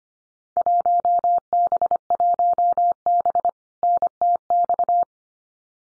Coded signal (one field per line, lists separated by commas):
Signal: Morse code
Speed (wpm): 25 wpm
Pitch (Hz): 700 Hz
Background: none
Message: 1B1B NTX